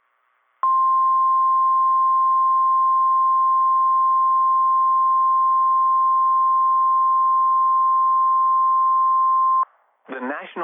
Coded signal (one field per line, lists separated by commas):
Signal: Emergency Alert System (SAME) tones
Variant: 1050 Hz attention tone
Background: speech